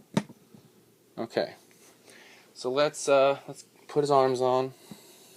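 An arm is being handled for fitting into the shoulder joint of a die-cast armored action figure, with a brief sharp sound at 0.2 s followed by someone talking. Nothing has seated or clicked yet; the arm is not yet home when the clip ends.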